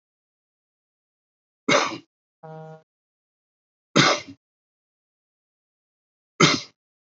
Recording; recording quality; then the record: shallow voluntary cough; excellent, no background noise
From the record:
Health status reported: healthy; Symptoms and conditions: none ticked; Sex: male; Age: 47 years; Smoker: yes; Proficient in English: yes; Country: India